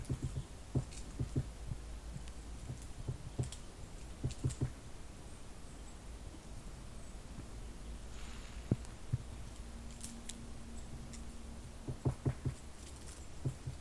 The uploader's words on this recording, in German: Ein Ohr am Baum des Spechts II. Dort eine Buche und auf dieser ein Rotspecht, der nichts dagegen hatte.